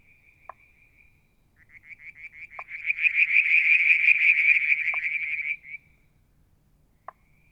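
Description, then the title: Frog giving a fast pulsed trill that swells over about four seconds and stops abruptly, with a faint trill before and a few brief sharp clicks scattered through. Striped marsh frog, Verreaux's tree frog and an unidentified frog; Mount Wilson, New South Wales, Australia; July 2022; evening, near a water tank. "Frog song, Mount Wilson, New South Wales, Australia in July 2022 – by Alexander Moffatt"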